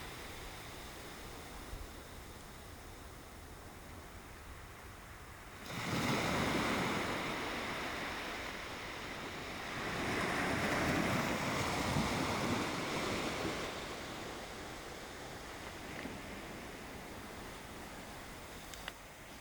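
Calm sea at a beach, with a low steady wash of water for the first few seconds. Soft waves break and hiss up the shore around six seconds and again from about ten to thirteen seconds, then ease back to a quiet, even murmur.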